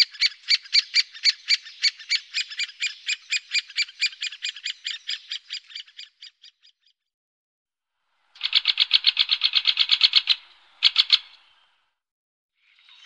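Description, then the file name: Great spotted woodpecker making rapid, sharp, high kik notes in a long run that fades out, then a tighter burst after a pause, followed by a few more notes. "Storre hackspett"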